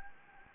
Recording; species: mosquito wingbeat signal from an infrared sensor; Anopheles gambiae